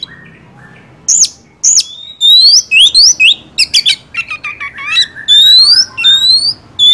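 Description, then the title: Oriental magpie-robin song of rising whistled notes and rapid chips running almost continuously, with several long, clear upslurred whistles near the end. First-place champion (juara) song, used to train other songbirds (masteran). "Masteran Kacer Juara"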